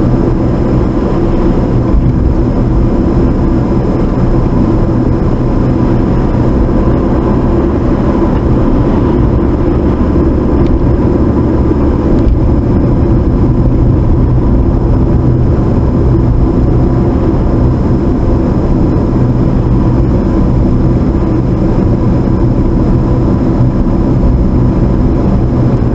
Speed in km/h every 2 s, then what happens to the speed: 48, 48, 48, 56, 56, 56, 55, 52, 50, 48, 48, 50, 52.
4-6 speeds up to 56. 6-11 steady at about 56. 11-18 slows to 48.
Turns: none.